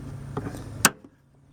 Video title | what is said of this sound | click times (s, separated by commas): How We Did A Jeep Headlight Replacement | there we go. Push that tab back over there, and now it's locked in real good, okay? | 0.9 s